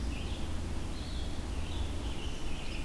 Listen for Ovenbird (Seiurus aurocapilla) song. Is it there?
no